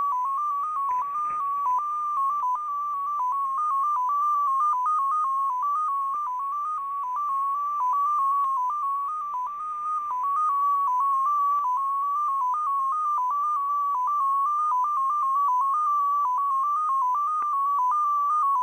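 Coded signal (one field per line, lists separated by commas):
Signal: numbers station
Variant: XPA2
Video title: [XPA2] Scheduled transmission + perfect copy; 21. June 2020, 21:20 UTC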